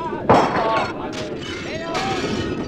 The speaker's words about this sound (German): Ihr Geschrei hallte durch die Wagen, Fenster wurden eingeschlagen, Schüsse fielen.